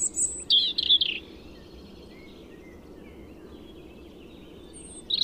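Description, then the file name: European robin song: a quick, high, twittering phrase in the first second, then near-silence with faint chirps, and a new phrase starting at the very end. "Erithacus rubecula"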